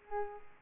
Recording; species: mosquito wingbeat signal from an infrared sensor; Culex pipiens